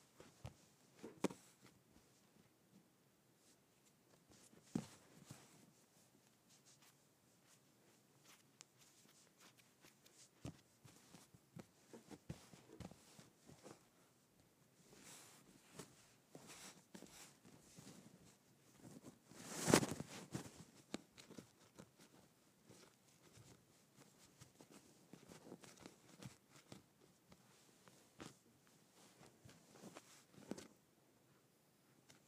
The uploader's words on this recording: ASMR Cutting up Kinetic Sand.